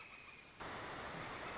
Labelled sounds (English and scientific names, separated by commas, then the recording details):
Northern Flicker (Colaptes auratus)
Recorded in Sonoma County, California